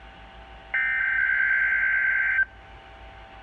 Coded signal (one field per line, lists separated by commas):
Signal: Emergency Alert System (SAME) tones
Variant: header bursts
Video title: Required Weekly Test (REAL EAS#24)